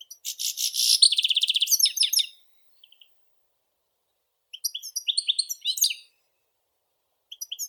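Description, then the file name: European goldfinch song: a buzzy burst and fast even trill, silence, then a tinkling twittering phrase and a few final notes. "Golosa ptic - CSHegol Carduelis carduelis"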